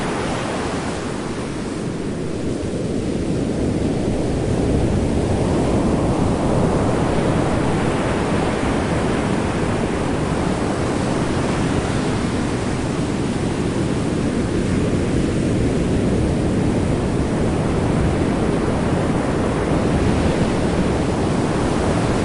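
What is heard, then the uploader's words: Big waves break in a continuous, dense roar, heavy in the low end with a hissing wash above. The surge swells around five seconds and again near twelve to twenty seconds, never dropping to quiet. Some wind rumble sits underneath throughout. Big Waves Breaking. Nature at its most fierce and beautiful, as big wave after big wave breaks.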